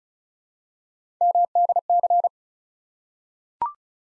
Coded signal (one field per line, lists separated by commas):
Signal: Morse code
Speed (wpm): 36 wpm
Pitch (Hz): 700 Hz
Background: none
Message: MDC